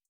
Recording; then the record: hydrophone in a shrimp aquaculture tank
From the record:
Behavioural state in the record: starved